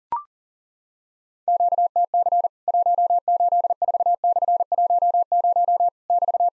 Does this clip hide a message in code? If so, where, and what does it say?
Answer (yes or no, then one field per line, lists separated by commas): yes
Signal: Morse code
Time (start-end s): 1.5-6.5 s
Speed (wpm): 40 wpm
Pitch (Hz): 700 Hz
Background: none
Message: QTC 184/10 <BT>